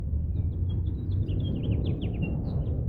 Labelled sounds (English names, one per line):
House Finch song